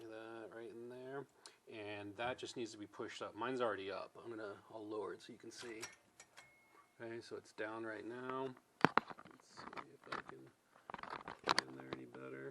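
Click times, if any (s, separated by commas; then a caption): none. Someone talks while handling the lever or rod of a pinball chest mechanism, which simulates the forks and is currently in its down position, to be pushed up until it locks in place. Sharp metallic clicks are heard around 8.9 s and 11.5 s between the talking, but the part has not seated or clicked into place yet.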